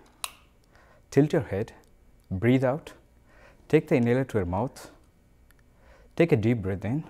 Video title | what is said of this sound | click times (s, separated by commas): What Do Teachers Need to Know about Asthma? | now press the lever down till we hear the click | 0.2 s